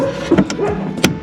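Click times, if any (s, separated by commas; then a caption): 1.0 s. A 90-degree plastic quick-connect fuel line fitting is pushed onto its nipple on the lift pump / sending unit line during an AirDog lift pump install on a Duramax diesel truck. A couple of softer knocks at about 0.4 and 0.5 s are followed by a sharp click at 1.0 s as the fitting seats.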